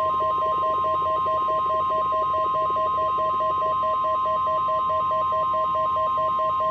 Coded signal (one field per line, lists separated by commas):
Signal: Emergency Alert System (SAME) tones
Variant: 1050 Hz attention tone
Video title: First Required Weekly Test Of July 7/2/20 [EAS #262]